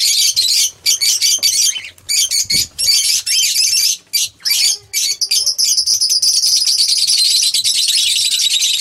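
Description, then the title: Oriental magpie-robin song in quick bursts of high twittering and scratchy notes, building into a long unbroken rapid warble. "Kicau Kacer Durasi Panjang"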